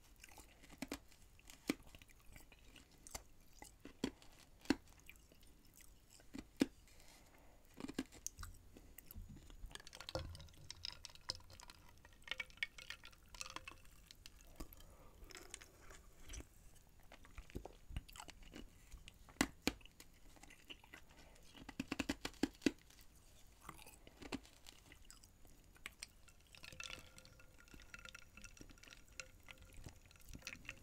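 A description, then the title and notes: Crunchy chewing and biting into ice, with irregular sharp cracks scattered throughout and soft mouth sounds between. ASMR LUCOZADE EXTREME FIZZY & ICE EATING MUKBANG No Talking.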